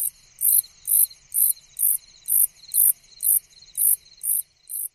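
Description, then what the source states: Slightly musical conehead song: soft high buzzy pulses repeated about twice a second in an even rhythm. Conehead katydid of wetlands and moist habitats; males in an area synchronize their songs into a soft, pulsating chorus.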